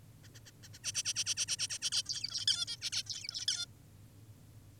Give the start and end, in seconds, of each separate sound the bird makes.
0.24-0.28, 0.34-0.40, 0.46-0.51, 0.63-0.68, 0.74-0.79, 0.84-0.92, 0.94-1.03, 1.05-1.14, 1.16-1.24, 1.26-1.35, 1.37-1.46, 1.48-1.56, 1.59-1.68, 1.70-1.78, 1.82-1.90, 1.92-2.03, 2.06-2.46, 2.48-2.66, 2.68-2.77, 2.82-2.90, 2.92-3.03, 3.06-3.46, 3.48-3.66